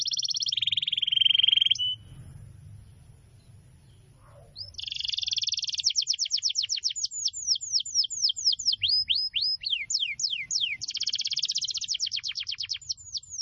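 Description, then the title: Canary song: a dense buzzy trill, a pause, then a long varied run of quick downslurred whistles and rattling trills. Continuous long song of a singing canary, used as a lure and as a tutor for wild canaries. "Pikat Kenari GACOR PANJANG INI Cocok Untuk Masteran KENARI LIAR"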